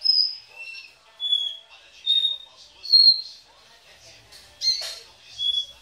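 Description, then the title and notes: Belgian canary singing pure, high whistled phrases separated by short pauses, with a brief harsh burst near the end. "Canario Belga"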